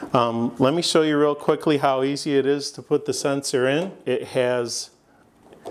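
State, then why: Not seated. Someone talks while handling an occupancy sensor with a small plug that connects and pushes into a WareLight back-lit LED flat panel light fixture. Speech fills most of the clip, and it ends in a quiet stretch after about 4.9 s. Nothing has seated or clicked yet.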